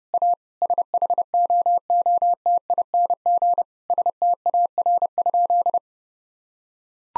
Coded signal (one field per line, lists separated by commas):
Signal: Morse code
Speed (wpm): 30 wpm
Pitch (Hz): 700 Hz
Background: none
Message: A SHOOTING STAR?